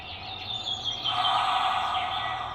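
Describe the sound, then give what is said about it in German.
Birds chirping over an intercom, a steady, dense chorus of high twittering that swells slightly halfway through and carries on without pause. No one speaks. “Ich höre sogar die Vögel durch die Sprechanlage.”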